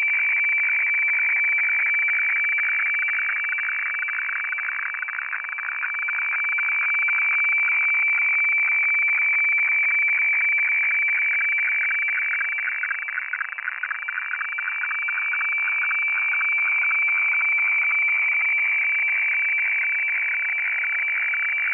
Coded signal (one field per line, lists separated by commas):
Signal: weather fax (radiofax)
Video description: Weather FAX transmission from Hamburg, Germany, received using Aispy HF+, Gqrx SDR v2.9 pre, and Fldigi 4.0.11 - The fun begins around 1:25